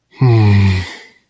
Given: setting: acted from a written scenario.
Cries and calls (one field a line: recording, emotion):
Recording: vocal sound without words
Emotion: shame